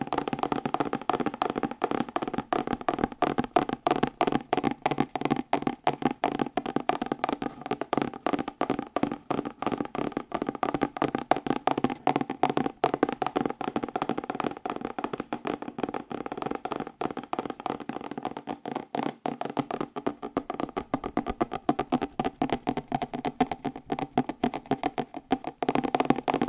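Fast, aggressive tapping on cardboard, a dense unbroken stream of hollow, mid-toned knocks that continues at a rapid, steady pace throughout.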